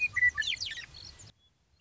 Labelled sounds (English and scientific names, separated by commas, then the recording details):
Western Meadowlark (Sturnella neglecta)
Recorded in Sonoma County, California